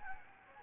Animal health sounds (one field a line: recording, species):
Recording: mosquito wingbeat signal from an infrared sensor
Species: Anopheles gambiae